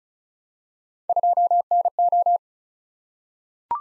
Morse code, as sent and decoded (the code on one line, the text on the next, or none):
..--- -. ---
2NO